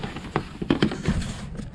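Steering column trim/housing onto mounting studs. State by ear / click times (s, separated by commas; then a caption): not seated / none. A theft-damaged steering column trim housing is pushed and handled onto its mounting studs, producing a series of short knocks and scrapes, with the sharpest hit at about 0.8 s. Nothing has seated or clicked yet; the locking tab has not engaged by the end of the clip.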